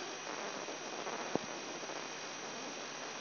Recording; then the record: brain microelectrode recording played as sound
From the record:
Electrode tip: inside the subthalamic nucleus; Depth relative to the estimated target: 0 mm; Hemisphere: right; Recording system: AlphaMap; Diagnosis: Parkinson's disease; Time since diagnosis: 10 years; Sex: male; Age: 58 years